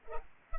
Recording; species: mosquito wingbeat signal from an infrared sensor; Culex pipiens